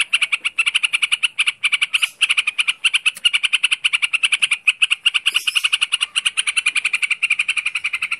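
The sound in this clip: Bird giving a continuous, rapid chatter of rasping notes, with a couple of brief sharper squeaks mixed in.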